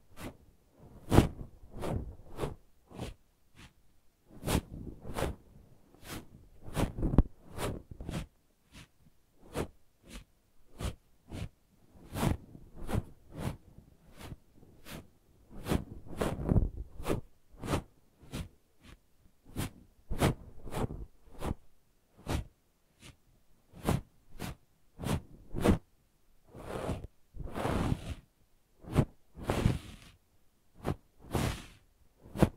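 Brushing and scratching strokes repeat in quick bursts, each a sharp rasping swipe that reaches from low thuds up to bright hiss. The strokes come irregularly, often several per second, with brief silent gaps, and the last few seconds bring longer, breathier sweeps.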